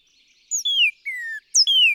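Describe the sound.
Northern cardinal song: loud clear whistles, a high note dropping into a long downward slide, then a lower falling whistle, repeating.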